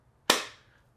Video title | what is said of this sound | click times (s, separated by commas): SO CLOSE, But Not Perfect! - Phone Rebel Gen 7 Frosted for iPhone 17 Pro Max | Oh, solid. Solid click on here. | 0.3 s